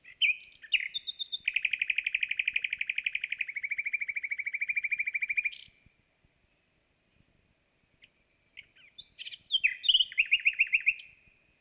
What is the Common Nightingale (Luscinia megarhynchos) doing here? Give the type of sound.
song